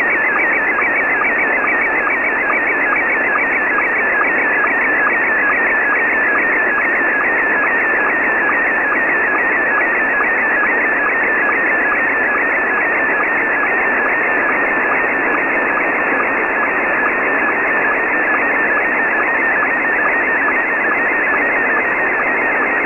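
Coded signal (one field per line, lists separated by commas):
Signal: SSTV (slow-scan television)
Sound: warbling tone sweeping in pitch with regular rhythmic ticks, under steady hiss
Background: radio static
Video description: Here are 3 images transmitted in a row from Pee Wee Pirate Shortwave Radio on 6955Khz LSB.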